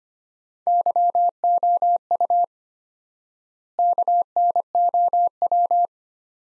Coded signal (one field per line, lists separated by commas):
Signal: Morse code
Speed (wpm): 25 wpm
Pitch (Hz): 700 Hz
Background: none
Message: YOU KNOW